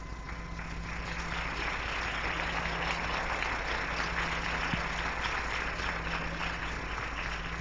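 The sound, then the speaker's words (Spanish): A crowd at the EZLN Digna Rabia festival applauds steadily, a dense wash of clapping hands that holds at an even level for several seconds without any voices over it. “Bueno, con todos estos aplausos y lo que hemos escuchado de las compañeras, creo que como mujeres nos falta mucho que hacer, pero esos cabrones no nos van a hacer agachar ni sentirnos mal.”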